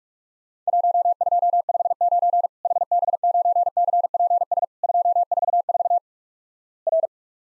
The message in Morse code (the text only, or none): 1259 HB9CPS 244 R